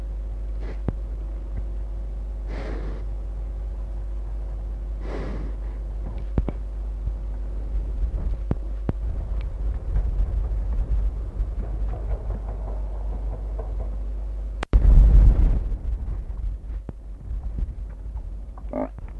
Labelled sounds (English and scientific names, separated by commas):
African Buffalo (Syncerus caffer)